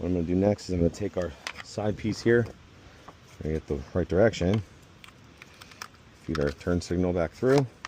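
While installing a Carpuride CarPlay unit on a KTM 390 Adventure R, someone talks while feeding the turn signal back through a plastic side fairing panel and positioning it on the motorcycle's body clips. Light plastic handling knocks sound around 5.0–5.8 s and again at 7.9 s. The panel has not seated or clicked into place yet.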